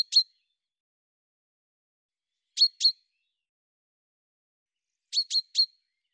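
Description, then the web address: Bird calls: crisp high chirps given in pairs and then a triplet, separated by pauses of over two seconds, with nothing else heard. "cianscape birddata Deverinetal 2025 Bird Fr Co"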